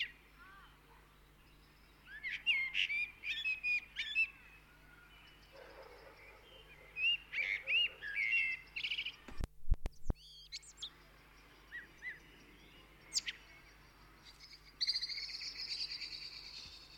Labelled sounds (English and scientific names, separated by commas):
Common Blackbird (Turdus merula) song